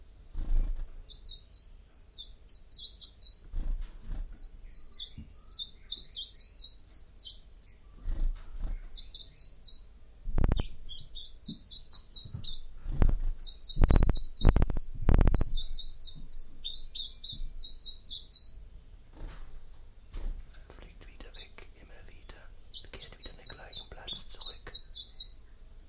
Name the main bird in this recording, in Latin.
Phylloscopus collybita